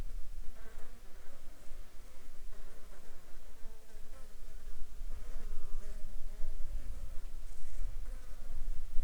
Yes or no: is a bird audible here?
no